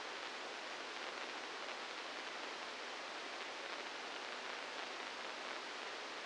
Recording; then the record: brain microelectrode recording played as sound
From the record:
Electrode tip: inside the subthalamic nucleus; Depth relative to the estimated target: -2 mm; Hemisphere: left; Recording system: NeuroSet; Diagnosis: Parkinson's disease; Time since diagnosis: 15 years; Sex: female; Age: 59 years